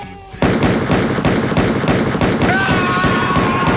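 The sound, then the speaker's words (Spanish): A loud, rapid rattle of gunfire bursts in and keeps going, fired from toy guns, with a high, sustained scream from someone hit rising over the shots in the second half. “No se vaya a pensar, señora, los disparos que hacemos acá son con armas de juguete.”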